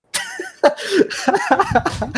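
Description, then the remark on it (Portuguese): A voice imitates a man coughing in the middle of a video: a sharp opening hack followed by a string of rough, voiced coughs in quick, uneven succession, fairly loud and with no speech around them. “Nossa, o cara começa a tossir no meio do vídeo e deixa lá.”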